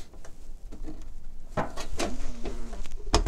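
The metal side cover of a small HP ProDesk 600 G2 desktop PC is lined up on the case and pushed forward, with light scraping and handling knocks and a sharp metallic knock near 3.1 s. The cover has not seated or latched yet by the end.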